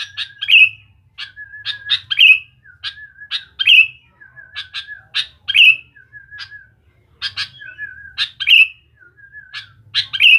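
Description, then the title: Sooty-headed bulbul phrases: a cluster of sharp, high chirps topped by a ringing falling whistle, repeated steadily, with soft trilled notes in the gaps. "Kutilang"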